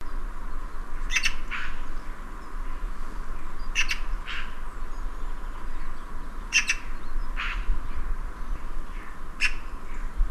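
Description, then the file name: Eurasian magpie giving short harsh clicking calls in four brief bursts about every three seconds, with a steady low rumble of background noise. "Pica pica"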